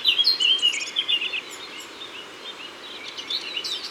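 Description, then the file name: Eurasian blackcap: a short burst of fast, bright warbling at the start, then faint, softer twittering. Recorded in Isère. "Fauvette-a-tete-noire-Concerts-naturels-de-l Isere-Studio-Les-Trois-Becs"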